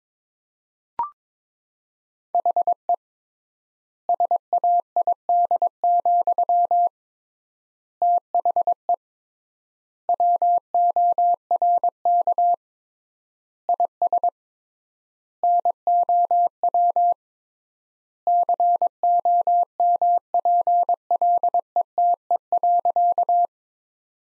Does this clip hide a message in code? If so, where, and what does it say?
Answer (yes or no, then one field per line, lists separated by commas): yes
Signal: Morse code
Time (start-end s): 2.3-23.5 s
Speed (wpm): 22 wpm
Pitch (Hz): 700 Hz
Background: none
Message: HE SAID, THE WORK IS NOW COMPLETE.